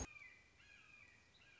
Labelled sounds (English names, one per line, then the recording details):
Red-shouldered Hawk
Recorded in Sonoma County, California